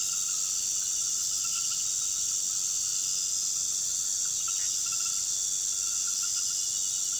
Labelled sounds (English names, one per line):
none